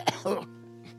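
Two quick harsh coughs from an adult man, the second rougher and voiced, with a steady low hum behind.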